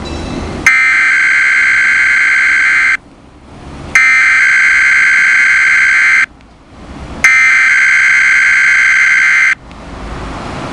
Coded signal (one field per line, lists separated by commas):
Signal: Emergency Alert System (SAME) tones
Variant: header bursts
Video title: Weather Radio EAS No 26 & 27 (Required Weekly and Monthly Test) part 2